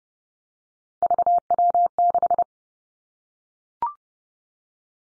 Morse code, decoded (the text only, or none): VW6